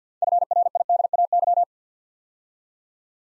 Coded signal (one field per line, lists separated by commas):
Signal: Morse code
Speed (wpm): 50 wpm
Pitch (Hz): 700 Hz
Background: none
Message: FRIDAY